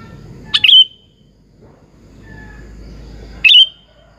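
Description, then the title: Sooty-headed bulbul sings two quick, loud gurgling phrases about three seconds apart; a faint thin whistle sounds in between over low hum. "Kutilang"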